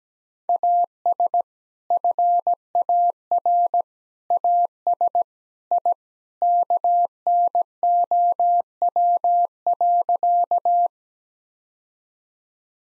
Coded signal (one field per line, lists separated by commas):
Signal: Morse code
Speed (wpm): 17 wpm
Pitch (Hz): 700 Hz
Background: none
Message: AS FAR AS I KNOW.